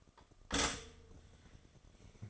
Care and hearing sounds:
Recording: daily activity, microphone in the room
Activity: stop toaster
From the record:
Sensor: 4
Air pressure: 1005.0 hPa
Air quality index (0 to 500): 188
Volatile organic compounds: 6 ppm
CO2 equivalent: 1845 ppm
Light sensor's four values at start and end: 18/60/22/21 and 17/56/21/20

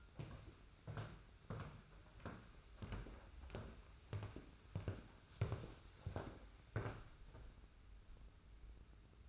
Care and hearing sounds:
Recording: daily activity, microphone in the room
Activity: walk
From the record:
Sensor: 2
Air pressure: 991.5 hPa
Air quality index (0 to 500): 187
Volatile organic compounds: 1000 ppm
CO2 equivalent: 6118 ppm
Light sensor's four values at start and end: 29/89/35/33 and 29/90/35/33

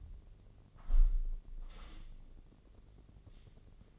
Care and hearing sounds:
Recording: daily activity, microphone in the room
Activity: close window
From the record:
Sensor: 4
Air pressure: 1013.1 hPa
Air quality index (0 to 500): 164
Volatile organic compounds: 2 ppm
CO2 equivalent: 1040 ppm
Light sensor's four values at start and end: 42/104/42/43 and 41/101/41/41

